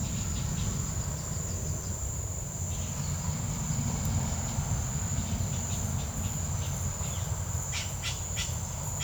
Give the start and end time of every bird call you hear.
0.00s-0.90s: bird call
2.45s-3.00s: bird call
4.90s-9.03s: bird call

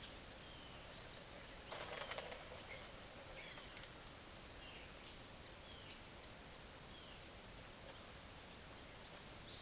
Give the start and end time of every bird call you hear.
0.00s-2.12s: bird call
2.59s-3.66s: bird call
4.23s-9.61s: bird call

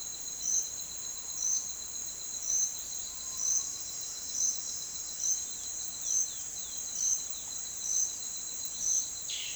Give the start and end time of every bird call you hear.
0.88s-3.90s: bird call
5.10s-7.54s: bird call
8.76s-9.55s: bird call

